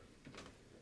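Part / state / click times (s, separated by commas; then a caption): fuel dongle connector into motorcycle wiring loom plug / not seated / none. A Smartmoto Electronics fuel dongle's plastic connector is handled and pushed toward the matching wiring-loom plug on a Husqvarna 701 or KTM 690 (2016-2020) motorcycle, part of an O2 delete kit install. Soft rustling and handling scrapes are heard, with brief louder contact sounds around 0.4 s. The clip ends before the connector goes home, and nothing has seated or clicked yet.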